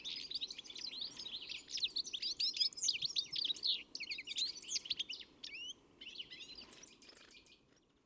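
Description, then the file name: European greenfinch delivering a quick run of chirps and trilled twitters, fading toward the end, with a low steady hum underneath. "Chloris chloris"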